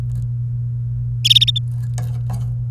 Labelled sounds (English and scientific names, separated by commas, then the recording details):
Domestic Canary (Serinus canaria) song
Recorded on 28 April 2018 at 10:37
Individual llb3